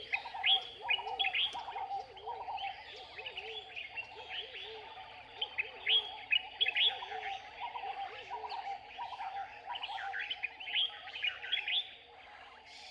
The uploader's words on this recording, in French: Chorus sur l'île de Guior - Sine Saloum - Sénégal - Nagra seven - binaural - mkh8020. Un merveilleux et surprenant chorus du matin sur l'île aux coquillages de Guior. Les tourterelles dominent (tambourinette, pleureuse, rieuse, maillée) mais les autres oiseaux sont aussi nombreux (Choucador à longue queue, Gonolek de Barbarie, Calao a bec rouge et bec noir). Le Bulbul des jardins omniprésent avec ses appels déglutinés et interrogatifs.